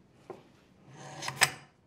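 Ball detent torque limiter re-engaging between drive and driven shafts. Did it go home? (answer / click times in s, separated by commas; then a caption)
yes / 1.4 s. An Autogard ball detent torque limiter, tripped by a simulated jam, is reset by reversing the drive: a faint tick at 0.3 s, then a rising rubbing whir as the shafts turn. At 1.4 s the balls snap back into their detents with a sharp click, re-coupling the drive and driven shafts, and the unit is confirmed seated and ready to run.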